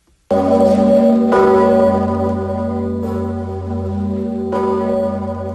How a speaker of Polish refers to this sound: 12 milionów uderzeń już ma za sobą dzwon Zygmunta.